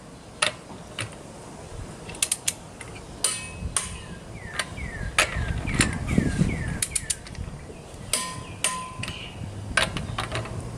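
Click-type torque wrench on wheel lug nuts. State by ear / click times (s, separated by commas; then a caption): torque reached / 0.4 s, 2.2 s, 5.2 s, 9.8 s. A click-type torque wrench set to 80 ft-lb (above the 76 ft-lb spec) tightens the lug nuts one after another on the rear wheel of a 2014–2019 Toyota Highlander after a rear brake pad replacement. Sharp clicks at 0.4, 2.2, 5.2 and 9.8 seconds mark the wrench reaching its setting, with other short metallic ticks in between. Each nut is torqued to the set value.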